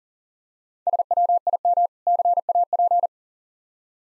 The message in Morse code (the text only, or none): SWIM CAP